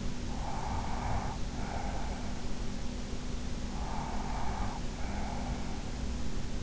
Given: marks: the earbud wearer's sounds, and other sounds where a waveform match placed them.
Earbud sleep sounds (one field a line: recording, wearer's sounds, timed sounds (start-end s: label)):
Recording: sounds in sleep by an in-ear microphone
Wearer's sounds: breath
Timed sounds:
0.18-2.35 s: breath
3.59-5.84 s: breath